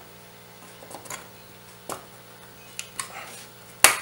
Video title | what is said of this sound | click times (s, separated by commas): How to build a PC - The Basics | push it until it snaps into place you're not going to break it but don't push too hard | 3.8 s